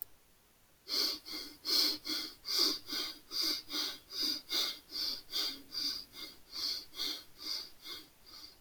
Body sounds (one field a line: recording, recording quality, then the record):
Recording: shallow breathing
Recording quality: moderate, slight background noise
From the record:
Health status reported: healthy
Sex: male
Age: 38 years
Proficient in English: yes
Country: India